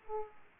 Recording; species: mosquito wingbeat signal from an infrared sensor; Aedes aegypti